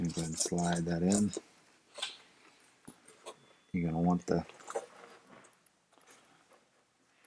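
A chamber separator for a Gen Cafe CBR-101 home coffee roaster is slid into the roaster chamber and its pieces are lined up before being pushed home. Someone talks at the start and again around 4 seconds, with small tapping and handling sounds in between and after. Nothing has seated or clicked yet.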